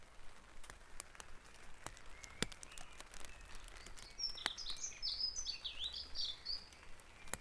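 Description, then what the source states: Bird song: a lively, high-pitched phrase of quick rising and falling twitters fills the last few seconds, following faint thin whistles over steady low background noise. Dawn chorus recorded at Back Dragon Avenue, Harrogate, as part of a sound map of Harrogate.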